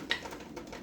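A metal snap lid on a glass jar of pickled peppers, just taken out of the canner, has its centre pulled down by the vacuum. A single sharp pop sounds at 0.1 s over quiet background noise. The lid has sealed, so the jar's ring can now be tightened.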